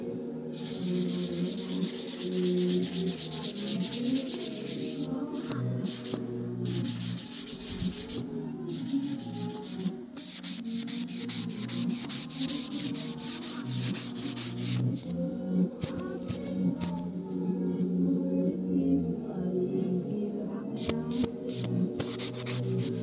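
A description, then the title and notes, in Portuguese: Dense sanding: a harsh, bright scraping hiss runs in long strokes, cutting out in brief pauses around 6, 8, 10 and 21 seconds and thinning between 15 and 17 seconds. A low, steady humming drone sits underneath throughout. Sempre, nunca • Sons de lixar por [Sounds of sanding by] Nicole Vlado by Bienal de São Paulo.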